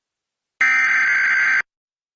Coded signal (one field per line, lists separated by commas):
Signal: Emergency Alert System (SAME) tones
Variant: header bursts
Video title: Corrupçao Gadissimo USA EAS Alarm Test